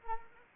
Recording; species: mosquito wingbeat signal from an infrared sensor; Anopheles arabiensis